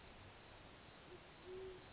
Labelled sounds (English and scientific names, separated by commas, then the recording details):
Band-tailed Pigeon (Patagioenas fasciata)
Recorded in Sonoma County, California